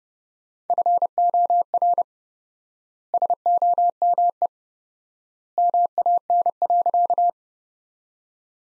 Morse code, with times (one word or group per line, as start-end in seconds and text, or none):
0.7-2.0 FOR
3.1-4.5 SOME
5.6-7.3 MAN.